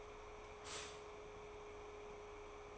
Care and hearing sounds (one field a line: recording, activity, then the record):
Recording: daily activity, microphone in the room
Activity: stop toaster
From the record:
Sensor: 1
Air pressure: 1014.7 hPa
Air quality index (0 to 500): 198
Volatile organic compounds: 32 ppm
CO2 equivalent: 3003 ppm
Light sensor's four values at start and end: 4/8/3/3 and 3/8/3/3